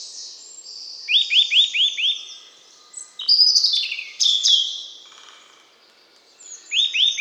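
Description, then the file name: Eurasian nuthatch calls: a short series of rising whistles, then louder mixed chirps and twitters from other birds, and another nuthatch series at the end. "Sitta europaea"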